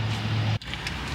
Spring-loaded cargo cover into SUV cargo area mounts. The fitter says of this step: all right easy peasy that just spring loads in there snaps right in oops I should have got the seat Bel on the other way but whatever